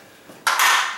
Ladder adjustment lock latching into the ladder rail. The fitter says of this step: see this one i got pushed up a little bit and it pops into place now i can adjust that wherever i want